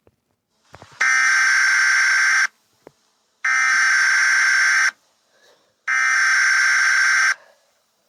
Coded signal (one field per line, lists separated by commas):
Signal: Emergency Alert System (SAME) tones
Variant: header bursts